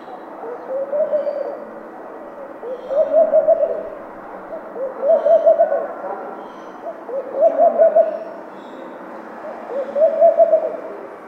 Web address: chant xeno-canto tourterelle maillee